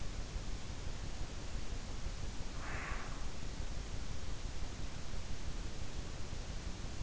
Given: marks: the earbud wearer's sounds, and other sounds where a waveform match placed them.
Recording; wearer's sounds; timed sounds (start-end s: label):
sounds in sleep by an in-ear microphone; breath
2.52-3.36 s: breath